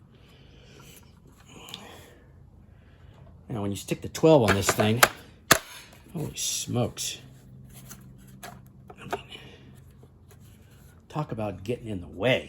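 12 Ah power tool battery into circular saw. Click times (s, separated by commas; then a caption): 5.5 s. A 12 Ah battery pack is pushed onto the battery port of a Milwaukee M18 Fuel 2732-21 circular saw and latches with one loud, sharp snap at 5.5 s, confirming it is seated. Someone talks before and after the snap.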